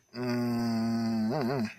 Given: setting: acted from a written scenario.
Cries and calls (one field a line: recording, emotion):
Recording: vocal sound without words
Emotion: confusion